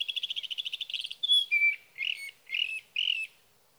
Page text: Birdsong for the Curious Naturalist: Explore #7. 61. Sage thrasher songs, through the night. For three nights, from the evening of June 12 to the morning of June 15, 2018, in Sierra Valley, California